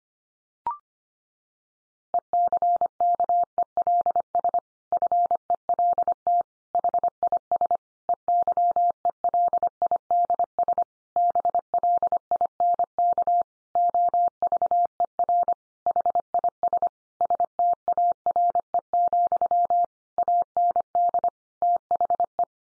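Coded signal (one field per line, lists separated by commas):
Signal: Morse code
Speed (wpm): 25 wpm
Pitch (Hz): 700 Hz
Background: none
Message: ECKELS FELT HIS EYELIDS BLINK OVER HIS STARE, AND THE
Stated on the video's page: Morse code sentence head-copy practice at 25 wpm, also offered at speeds from 17 to 50 wpm.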